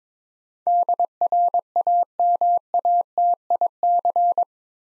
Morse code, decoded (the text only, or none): DRAMATIC